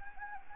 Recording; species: mosquito wingbeat signal from an infrared sensor; Anopheles gambiae